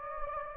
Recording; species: mosquito wingbeat signal from an infrared sensor; Anopheles gambiae